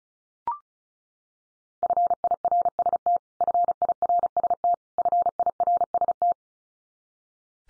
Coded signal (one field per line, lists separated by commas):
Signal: Morse code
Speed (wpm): 34 wpm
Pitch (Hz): 700 Hz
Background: none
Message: FIRST FIRST FIRST